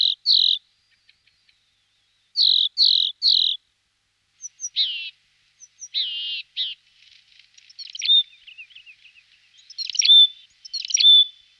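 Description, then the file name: Siberian tit giving buzzy nasal notes in a short series, followed by thinner, high twittering notes and chips. Recorded in Lapland. "Sykora laponska Parus cinctus"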